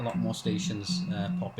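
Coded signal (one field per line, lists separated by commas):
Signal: Morse code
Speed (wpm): 24 wpm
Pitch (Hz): 180 Hz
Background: speech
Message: TNX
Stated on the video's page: Heard tuning around on an SDRplay receiver.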